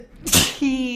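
An adult sneezes once.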